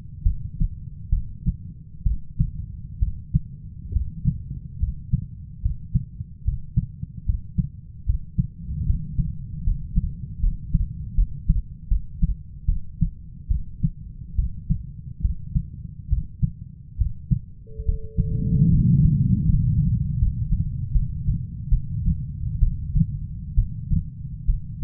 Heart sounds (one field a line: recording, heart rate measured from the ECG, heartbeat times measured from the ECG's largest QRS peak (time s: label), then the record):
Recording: heart sounds by stethoscope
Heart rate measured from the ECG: 72 bpm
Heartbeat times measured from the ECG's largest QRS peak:
0.23 s: heartbeat
1.10 s: heartbeat
2.03 s: heartbeat
2.99 s: heartbeat
3.93 s: heartbeat
4.79 s: heartbeat
5.62 s: heartbeat
6.44 s: heartbeat
7.26 s: heartbeat
8.06 s: heartbeat
8.86 s: heartbeat
9.64 s: heartbeat
10.40 s: heartbeat
11.15 s: heartbeat
11.88 s: heartbeat
12.66 s: heartbeat
13.48 s: heartbeat
14.35 s: heartbeat
15.21 s: heartbeat
16.09 s: heartbeat
16.97 s: heartbeat
17.85 s: heartbeat
18.70 s: heartbeat
19.45 s: heartbeat
20.18 s: heartbeat
20.92 s: heartbeat
21.69 s: heartbeat
22.59 s: heartbeat
23.55 s: heartbeat
24.45 s: heartbeat
From the record:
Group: healthy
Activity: rest 0-17 s, breath hold 17-25 s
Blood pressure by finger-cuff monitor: 131/64 mmHg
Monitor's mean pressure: 83 mmHg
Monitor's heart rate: 71 bpm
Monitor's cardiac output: 6.3 L/min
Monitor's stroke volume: 86 mL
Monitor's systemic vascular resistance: 970 dyn s/cm5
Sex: female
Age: 37 years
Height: 168 cm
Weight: 70 kg